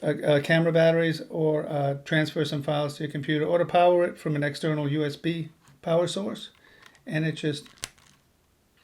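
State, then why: Seated. Someone talks while the built-in USB cable plug of a Sony HDR-CX405 Handycam camcorder, held in the leather hand strap and used for charging batteries, transferring files or external USB power, is pushed back into its plastic insert. A short, sharp click sounds at 8.1 s as the plug firmly snaps into place and is seated.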